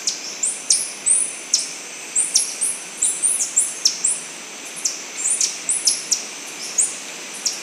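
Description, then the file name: Bird calling with sharp, high-pitched chirps, some curving upward then down, repeated rapidly and unevenly, often in quick pairs, against constant faint hiss. "SABIOD bird 2015"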